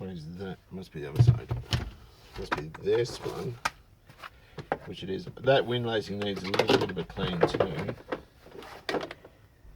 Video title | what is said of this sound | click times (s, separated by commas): Corolla Interior Makeover Part 2/2 | but there's a click it's all sort of clipped together | 8.9 s